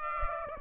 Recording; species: mosquito wingbeat signal from an infrared sensor; Aedes aegypti